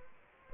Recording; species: mosquito wingbeat signal from an infrared sensor; Anopheles gambiae